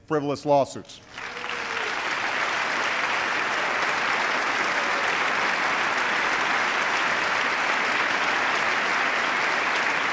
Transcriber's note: applause